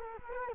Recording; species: mosquito wingbeat signal from an infrared sensor; Culex quinquefasciatus